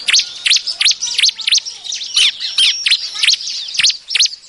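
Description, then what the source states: Bar-winged prinia calls: a rapid, uneven series of high down-slurred chirps, several every second, with overlapping twittering. Noisy prinia calling used as a lure to attract birds.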